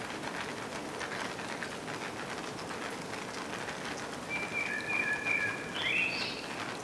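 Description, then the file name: Common blackbird delivering a short fluty warble near the end, ending in a higher squeaky flourish, with rain pattering throughout. "Turdus merula"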